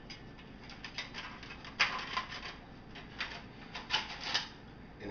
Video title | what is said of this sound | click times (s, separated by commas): How to remove a car stereo | it locks in place just like that | 1.8 s